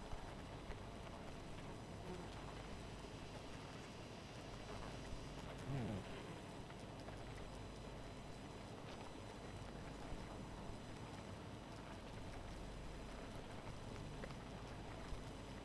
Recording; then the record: honeybee colony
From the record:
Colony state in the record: missing queen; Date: 14 July 2017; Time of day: 2:23